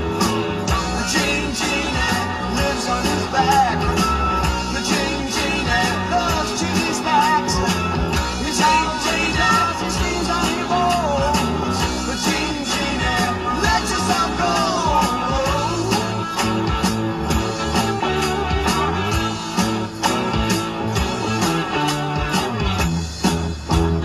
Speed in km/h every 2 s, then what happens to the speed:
0, 0, 0, 0, 0, 0, 0, 0, 0, 0, 0, 11.
0-20 standing. 20-24 pulls away to 11.